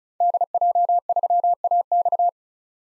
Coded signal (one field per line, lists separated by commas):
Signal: Morse code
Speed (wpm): 36 wpm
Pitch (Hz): 700 Hz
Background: none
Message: DJ3AX